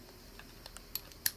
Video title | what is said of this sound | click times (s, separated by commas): Remplacement Joint spi fourche SUZUKI GSR 600 | et on entend un petit clac, clac, ça veut dire qu'il se met dans sa gorge. | 1.0 s, 1.3 s